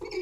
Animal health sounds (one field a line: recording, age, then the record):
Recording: pig call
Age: weaner (32 to 43 days)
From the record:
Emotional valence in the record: negative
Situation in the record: novel object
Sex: female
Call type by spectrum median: low-frequency call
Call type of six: high-frequency stable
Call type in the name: high-frequency stable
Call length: 0.22 s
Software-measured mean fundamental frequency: 409 Hz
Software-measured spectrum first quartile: 372 Hz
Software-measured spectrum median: 677 Hz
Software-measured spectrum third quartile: 2908 Hz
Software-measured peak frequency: 365 Hz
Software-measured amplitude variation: 173 dB a second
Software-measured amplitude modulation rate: 25.4 a second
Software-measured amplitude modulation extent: 6.8 dB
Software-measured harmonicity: 8.0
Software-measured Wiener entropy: -3.23